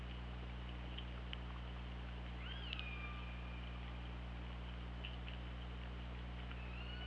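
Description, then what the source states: Killer whale pulsed call: one rising-then-falling whistle-like tone with harmonics, plus a fainter call near the end, over steady low underwater hum. OrcaLab hydrophone, 24 August 2017.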